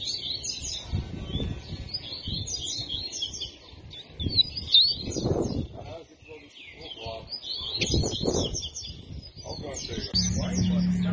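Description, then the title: Double-collared seedeater song of quick, high chattering notes, broken by low muffled bursts of background noise and a hum near the end. Song in the tui tui style; the bird is described as fibra. "COLEIRO DE GOLA TUI TUI FIBRA"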